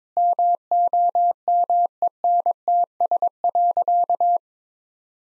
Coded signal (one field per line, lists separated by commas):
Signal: Morse code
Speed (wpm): 22 wpm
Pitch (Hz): 700 Hz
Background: none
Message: MOMENTS.